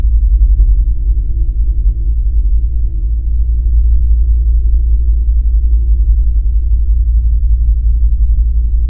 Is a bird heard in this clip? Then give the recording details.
no. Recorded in the Arctic National Wildlife Refuge, Alaska, on 3 September 2019 at 19:37. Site 35